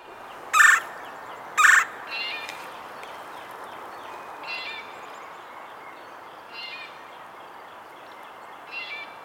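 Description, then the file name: Red-bellied woodpecker calls, two loud harsh rolling notes near the start followed by several fainter similar calls spaced a few seconds apart. "Melanerpes carolinus - Red-bellied Woodpecker"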